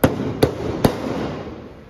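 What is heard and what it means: Three light hammer taps drive an Airmix GT pump cartridge (up to 50cc) into its paint pump body housing, at about 0.0, 0.4 and 0.9 seconds. The last tap at 0.9 seconds sounds drier, meaning the cartridge has seated and is fully fitted.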